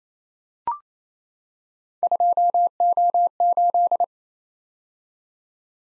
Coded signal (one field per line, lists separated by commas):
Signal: Morse code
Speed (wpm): 27 wpm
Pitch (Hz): 700 Hz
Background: none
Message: 2O8